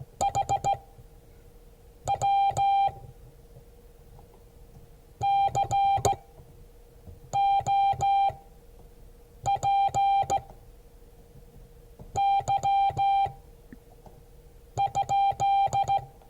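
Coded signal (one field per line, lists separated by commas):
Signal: Morse code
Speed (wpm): 15 wpm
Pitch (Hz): 790 Hz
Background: music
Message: HW COPY?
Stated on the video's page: Morse code class.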